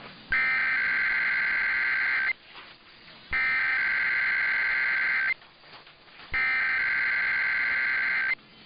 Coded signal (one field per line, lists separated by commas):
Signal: Emergency Alert System (SAME) tones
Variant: header bursts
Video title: [EAS #2405-#2410] The IPAWS Weekly has returned